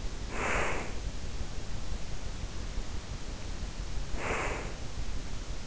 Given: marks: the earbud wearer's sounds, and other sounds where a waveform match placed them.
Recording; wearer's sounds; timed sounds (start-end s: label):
sounds in sleep by an in-ear microphone; breath
0.17-1.08 s: breath
4.00-4.85 s: breath